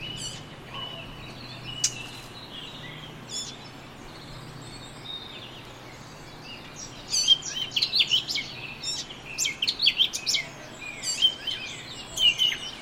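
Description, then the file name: Eurasian blackcap with scattered high notes at first, then a lively run of rapid warbled phrases over the last half, with a low hum throughout. "Sylvia atricapilla"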